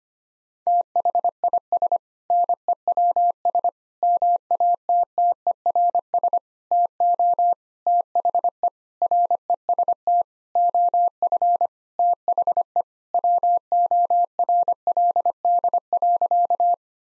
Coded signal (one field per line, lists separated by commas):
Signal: Morse code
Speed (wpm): 25 wpm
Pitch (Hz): 700 Hz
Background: none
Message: THIS NEWS MATTERS TO THE REST OF THE WORLD.